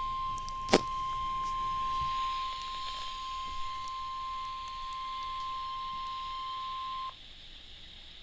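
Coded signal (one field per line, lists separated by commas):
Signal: Emergency Alert System (SAME) tones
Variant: 1050 Hz attention tone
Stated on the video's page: Three flood warnings from NOAA Weather Radio.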